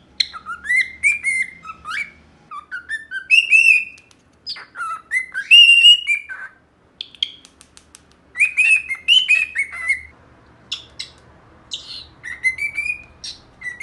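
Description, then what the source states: Cockatiel whistled song, a run of bright whistles that rise and dip, given in bursts with short gaps. Cockatiel song for training a pet cockatiel to sing.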